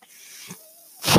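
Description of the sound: A low background hiss with a faint steady tone, then a loud rising rush of airy noise near the end. This is the sound of a person's own home mechanical ventilator pushing air during a breath cycle.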